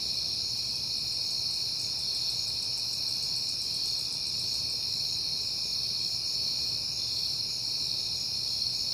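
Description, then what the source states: Crickets trill steadily in a constant high chorus, with rapid pulsed chirps above it, over a low hum. Recorded on a peaceful night in September.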